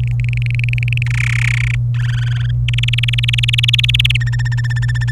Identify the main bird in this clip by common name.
Domestic Canary